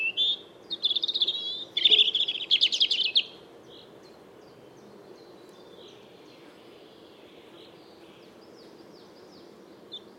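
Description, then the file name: European robin song: a rapid jumble of high, thin warbling notes and trills for about three seconds, then fainter wavering phrases and a long quiet stretch. "Erithacus rubecula"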